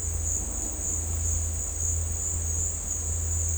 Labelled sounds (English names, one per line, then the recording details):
none
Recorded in dense forest near Puerto Asís, Putumayo, Colombia, on 21 December 2024 at 12:30
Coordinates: 0.466, -76.327
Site G075